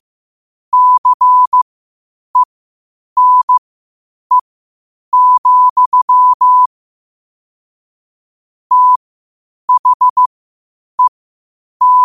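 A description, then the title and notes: Morse code tapped out as a pure, steady tone of medium pitch, in short dots and longer dashes grouped into letters with clear gaps between them. The pace is slow and deliberate, with a longer pause around eight seconds. Silence fills the spaces. 8 WPM morse code quotes. Morse Code at 8 words per minute.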